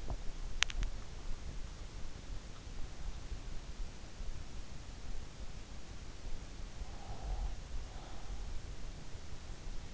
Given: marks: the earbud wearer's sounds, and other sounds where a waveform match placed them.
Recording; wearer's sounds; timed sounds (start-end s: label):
sounds in sleep by an in-ear microphone; swallowing, breath
0.00-1.36 s: swallowing
6.56-8.70 s: breath